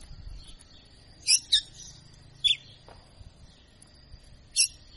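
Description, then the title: Red-cowled cardinal giving a few sharp, high chirped notes: a close pair, then two single notes spaced apart, over a steady background hiss. Female; Portuguese title calls the bird a tutor ("professor") singing vigorously ("açoitando"), a real machine. "Canto Galo Campina Fêmea 02. Galo de Campina Professor Açoitando ( Uma Verdadeira Máquina )"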